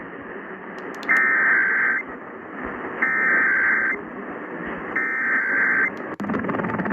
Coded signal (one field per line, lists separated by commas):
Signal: Emergency Alert System (SAME) tones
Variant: header bursts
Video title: Iowa Required Monthly Test for August on WHO 1040 and KBGG 1700 (EAS #194-195)